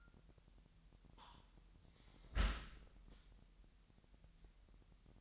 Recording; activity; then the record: daily activity, microphone in the room; close dishwasher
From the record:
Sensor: 3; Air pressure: 998.2 hPa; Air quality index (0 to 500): 149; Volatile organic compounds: 5 ppm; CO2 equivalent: 1780 ppm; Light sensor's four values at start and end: 13/39/15/14 and 13/38/15/14